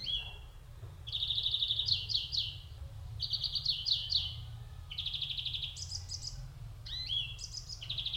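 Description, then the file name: European greenfinch gives bursts of fast, rattling trills, some stepping down in pitch, alternating with brief higher twitters, over a low background hum. "Chloris chloris"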